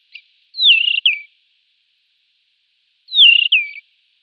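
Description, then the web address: Desert wheatear song: two clear whistled phrases, each sliding down and ending in a short falling note, about two and a half seconds apart, in silence. "Schulze Peter Desert Wheatear song"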